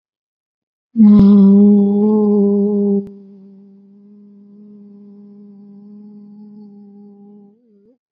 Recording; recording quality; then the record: sustained vowel as in boot; excellent, no background noise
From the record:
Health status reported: COVID-19 positive, mild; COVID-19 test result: positive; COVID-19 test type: RT-PCR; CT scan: not taken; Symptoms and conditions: cough, fever, muscle pain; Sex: male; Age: 41 years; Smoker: no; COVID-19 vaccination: both doses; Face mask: worn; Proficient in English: yes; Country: India